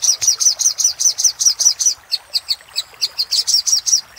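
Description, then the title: Little spiderhunter song: steady series of high, sharp chirps, roughly two or three per second, briefly breaking off before resuming at the same brisk pace. Master recording made for training cage birds, labelled 'Labaik'. "Masteran Burung Sogok Ontong Labaik"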